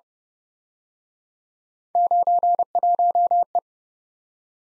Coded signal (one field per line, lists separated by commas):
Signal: Morse code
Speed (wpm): 30 wpm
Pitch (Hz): 700 Hz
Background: none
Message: 91E